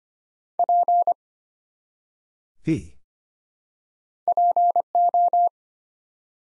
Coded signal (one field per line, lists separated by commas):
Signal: Morse code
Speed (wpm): 25 wpm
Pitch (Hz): 700 Hz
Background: none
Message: P PO